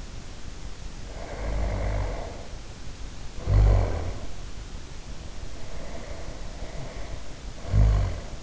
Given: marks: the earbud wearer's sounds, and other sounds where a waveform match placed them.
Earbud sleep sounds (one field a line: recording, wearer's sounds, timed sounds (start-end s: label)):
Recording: sounds in sleep by an in-ear microphone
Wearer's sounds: snoring breath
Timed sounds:
0.96-2.52 s: snoring breath
3.26-4.30 s: snoring breath
5.18-8.43 s: snoring breath